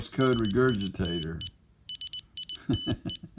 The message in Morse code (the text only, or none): SITE SITE